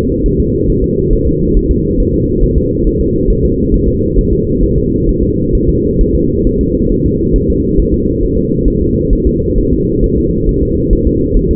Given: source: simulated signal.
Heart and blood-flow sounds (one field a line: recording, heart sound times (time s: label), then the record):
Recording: fetal heart sounds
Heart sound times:
0.26 s: S1
0.40 s: S2
0.70 s: S1
0.84 s: S2
1.13 s: S1
1.27 s: S2
1.57 s: S1
1.71 s: S2
2.00 s: S1
2.14 s: S2
2.43 s: S1
2.58 s: S2
2.87 s: S1
3.01 s: S2
3.30 s: S1
3.45 s: S2
3.74 s: S1
3.88 s: S2
4.18 s: S1
4.33 s: S2
4.63 s: S1
4.78 s: S2
5.09 s: S1
5.23 s: S2
5.55 s: S1
5.69 s: S2
6.01 s: S1
6.15 s: S2
6.47 s: S1
6.61 s: S2
6.92 s: S1
7.06 s: S2
7.36 s: S1
7.50 s: S2
7.80 s: S1
7.94 s: S2
8.23 s: S1
8.38 s: S2
8.68 s: S1
8.82 s: S2
9.13 s: S1
9.27 s: S2
9.58 s: S1
9.73 s: S2
10.04 s: S1
10.18 s: S2
10.49 s: S1
10.63 s: S2
10.93 s: S1
11.07 s: S2
11.37 s: S1
11.51 s: S2
From the record:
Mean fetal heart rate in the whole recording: 135 bpm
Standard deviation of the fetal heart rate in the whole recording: 3 bpm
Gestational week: 36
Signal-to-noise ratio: -10.2 dB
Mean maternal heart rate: 72 bpm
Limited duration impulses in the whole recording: present